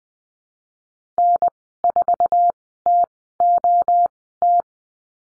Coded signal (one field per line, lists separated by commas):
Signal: Morse code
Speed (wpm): 20 wpm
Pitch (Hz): 700 Hz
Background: none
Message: N4TOT